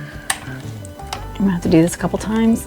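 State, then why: Seated. On a Craftsman 10-inch folding compound miter saw, the spindle lock button is held down while the blade is turned on the arbor until the lock pin drops into its detent. The pin seats with a sharp click at 0.3 s, followed by fainter ticks, music, and someone talking. The spindle lock is engaged on the blade arbor.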